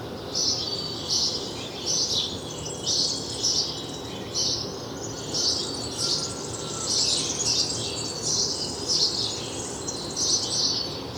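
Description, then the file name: House sparrow chirps, a steady stream of short high notes, with background hiss. "Passer domesticus"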